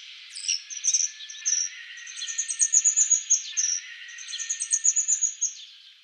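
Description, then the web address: Little swift uttering shrill, high trilling screams in several rattling bursts, with a faint hiss underneath. "Schulze Peter Little Swift"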